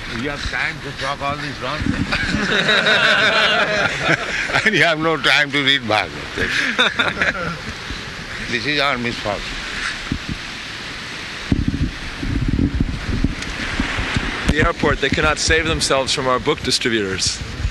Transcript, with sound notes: You have time to talk all this nonsense. [laughter] And you have no time to read Bhāgavata, that's all. This is our misfortune.
...at the airport they cannot save themselves from our book distributors.